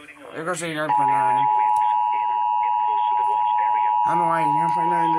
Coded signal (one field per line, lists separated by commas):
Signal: Emergency Alert System (SAME) tones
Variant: 853 and 960 Hz attention tone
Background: speech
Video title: April showers bring thunderstorms EAS alerts from 4/12/22 eas166-233